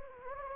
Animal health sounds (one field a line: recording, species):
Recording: mosquito wingbeat signal from an infrared sensor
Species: Anopheles gambiae